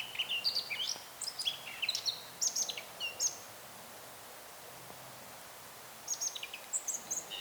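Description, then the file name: Eurasian blackcap song, quick chattering warble with whistled slurs for about three seconds, a pause, then a second shorter phrase. "Sylvia atricapilla"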